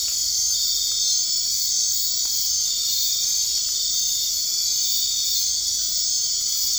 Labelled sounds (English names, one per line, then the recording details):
none
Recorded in dense forest near Puerto Asís, Putumayo, Colombia, on 21 March 2025 at 21:00
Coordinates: 0.485, -76.318
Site G056